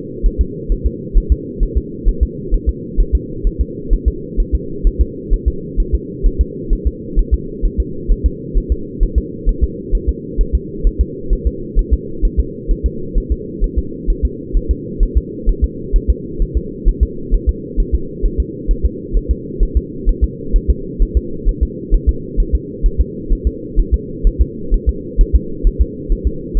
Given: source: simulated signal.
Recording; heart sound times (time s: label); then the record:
fetal heart sounds
0.26 s: S1
0.41 s: S2
0.72 s: S1
0.86 s: S2
1.17 s: S1
1.32 s: S2
1.63 s: S1
1.77 s: S2
2.09 s: S1
2.23 s: S2
2.54 s: S1
2.69 s: S2
3.00 s: S1
3.15 s: S2
3.47 s: S1
3.61 s: S2
3.93 s: S1
4.08 s: S2
4.40 s: S1
4.55 s: S2
4.87 s: S1
5.01 s: S2
5.34 s: S1
5.48 s: S2
5.80 s: S1
5.95 s: S2
6.27 s: S1
6.41 s: S2
6.73 s: S1
6.87 s: S2
7.19 s: S1
7.34 s: S2
7.65 s: S1
7.80 s: S2
8.12 s: S1
8.26 s: S2
8.57 s: S1
8.72 s: S2
9.03 s: S1
9.18 s: S2
9.49 s: S1
9.63 s: S2
9.95 s: S1
10.09 s: S2
10.41 s: S1
10.55 s: S2
10.87 s: S1
11.01 s: S2
11.33 s: S1
11.47 s: S2
11.79 s: S1
11.93 s: S2
12.25 s: S1
12.40 s: S2
12.71 s: S1
12.86 s: S2
13.18 s: S1
13.32 s: S2
13.64 s: S1
13.78 s: S2
14.10 s: S1
14.25 s: S2
14.57 s: S1
14.71 s: S2
15.03 s: S1
15.17 s: S2
15.49 s: S1
15.64 s: S2
15.96 s: S1
16.10 s: S2
16.42 s: S1
16.57 s: S2
16.88 s: S1
17.03 s: S2
17.34 s: S1
17.49 s: S2
17.80 s: S1
17.95 s: S2
18.26 s: S1
18.40 s: S2
18.71 s: S1
18.85 s: S2
19.17 s: S1
19.31 s: S2
19.63 s: S1
19.77 s: S2
20.09 s: S1
20.24 s: S2
20.56 s: S1
20.70 s: S2
21.02 s: S1
21.17 s: S2
21.49 s: S1
21.63 s: S2
21.95 s: S1
22.09 s: S2
22.40 s: S1
22.55 s: S2
22.86 s: S1
23.01 s: S2
23.32 s: S1
23.47 s: S2
23.80 s: S1
23.94 s: S2
24.27 s: S1
24.41 s: S2
24.74 s: S1
24.89 s: S2
25.21 s: S1
25.35 s: S2
25.67 s: S1
25.81 s: S2
26.12 s: S1
26.27 s: S2
26.57 s: S1
From the record:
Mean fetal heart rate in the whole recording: 130 bpm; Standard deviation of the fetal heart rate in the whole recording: 2 bpm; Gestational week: 38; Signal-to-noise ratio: -4.3 dB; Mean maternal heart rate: 72 bpm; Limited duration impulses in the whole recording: absent